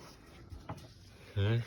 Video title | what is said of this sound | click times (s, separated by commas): 2001 Toyota RAV4 door lock actuator replacement￼ | then so once it's in the hole, then you bring it down and it snaps into place like that. | 0.7 s